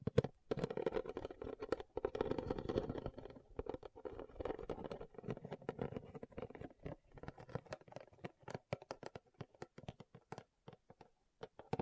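Rhinestones are tapped and scratched in quick, irregular clicks, with a denser rustling scrape through the first half that thins into sparse taps later.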